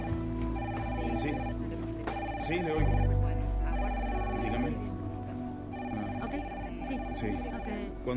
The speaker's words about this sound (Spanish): Teléfonos no paran de sonar.